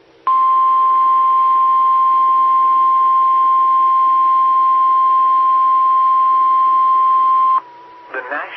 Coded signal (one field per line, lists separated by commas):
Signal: Emergency Alert System (SAME) tones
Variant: 1050 Hz attention tone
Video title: 2020-04-28 - W5RHS SKYWARN Repeater System 147.1200 and 146.8050 MHz